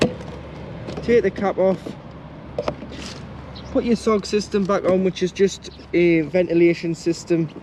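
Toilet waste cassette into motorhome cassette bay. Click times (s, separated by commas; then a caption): 0.0 s. The plastic toilet waste cassette of a Swift Select 122 motorhome is slid back into its cassette bay until it latches, with a single sharp click at 0.0 s that shows it has seated. Two more brief taps follow at about 2.6 and 2.7 s, and someone talks through most of the clip.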